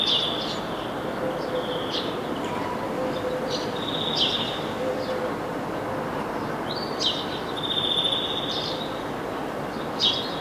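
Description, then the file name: European greenfinch calls: several drawn-out tonal notes over a steady broad hiss. "Chloris chloris"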